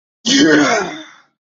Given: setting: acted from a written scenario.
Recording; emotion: vocal sound without words; triumph